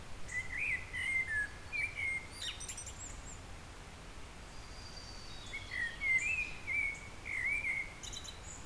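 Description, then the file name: Eurasian blackbird song: two melodious, wavering whistled phrases about five seconds apart, with shrill high twittering notes tucked between them, over a steady low hiss. "Turdus merula"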